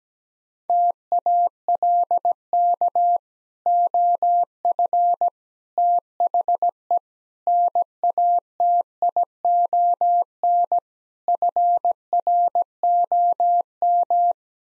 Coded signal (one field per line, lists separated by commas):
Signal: Morse code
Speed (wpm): 17 wpm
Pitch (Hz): 700 Hz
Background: none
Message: TALK OF THE NATION FROM